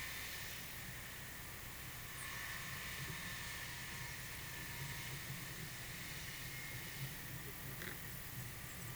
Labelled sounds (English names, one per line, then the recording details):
none
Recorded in pastures near Puerto Asís, Putumayo, Colombia, on 23 June 2025 at 11:30
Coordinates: 0.486, -76.323
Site H29